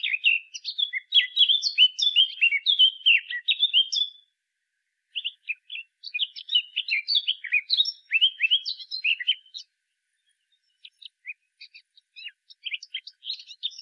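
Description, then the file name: Eurasian blackcap song: a long, rich warble of quick whistled and twittering notes, broken by short pauses, then scattered softer high notes toward the end. "Sylvia atricapilla"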